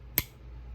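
On a lockback folding knife, the kick of the blade strikes the back spring with a single sharp snap at 0.2 s, a brief bright transient that rises well above the quiet background. The snap comes from the kick rather than the blade itself, and the blade seats.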